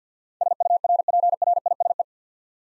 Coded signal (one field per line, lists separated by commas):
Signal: Morse code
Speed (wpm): 52 wpm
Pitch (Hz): 700 Hz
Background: none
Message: SURPRISE